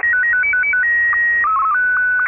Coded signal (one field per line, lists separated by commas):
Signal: SSTV (slow-scan television)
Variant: Martin 2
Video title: SSTV RX062722